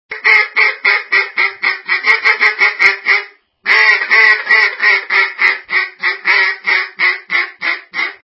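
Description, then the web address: Duck quacking: a long, fast run of harsh nasal quacks, several per second, briefly pausing before continuing at a slightly slower, steady pace. "wild duck quacking"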